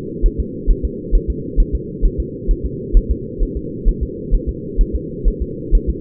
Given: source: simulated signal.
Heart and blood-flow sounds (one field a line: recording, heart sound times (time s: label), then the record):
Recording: fetal heart sounds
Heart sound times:
0.26 s: S1
0.40 s: S2
0.71 s: S1
0.85 s: S2
1.15 s: S1
1.30 s: S2
1.60 s: S1
1.75 s: S2
2.06 s: S1
2.20 s: S2
2.51 s: S1
2.66 s: S2
2.97 s: S1
3.11 s: S2
3.43 s: S1
3.57 s: S2
3.89 s: S1
4.03 s: S2
4.35 s: S1
4.49 s: S2
4.81 s: S1
4.95 s: S2
5.28 s: S1
5.42 s: S2
5.75 s: S1
5.90 s: S2
From the record:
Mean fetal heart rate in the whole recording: 130 bpm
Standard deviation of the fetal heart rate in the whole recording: 2 bpm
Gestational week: 38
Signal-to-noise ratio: -4.1 dB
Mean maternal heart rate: no maternal heart sound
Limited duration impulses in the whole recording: absent